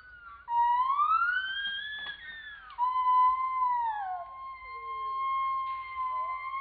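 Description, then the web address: Gibbon song: long pure whistled notes that swoop upward, hold steady, then slide down, ending in a long sustained level tone. "gibbon. chanee-brulé"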